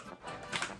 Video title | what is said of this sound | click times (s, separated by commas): Perfect Draft SPATEN Oktoberfestbier Review | push down as hard as you can until it clicks, which it has done, | 0.6 s